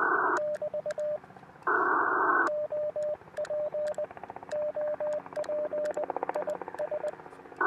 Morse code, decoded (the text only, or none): <BT> OP OP IS